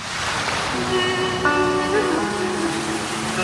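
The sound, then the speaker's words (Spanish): A steady, broad rush of ocean surf washes onto a beach without pause, while a few sustained musical tones rise and shift in pitch over the top. “Nos vemos en la playa.”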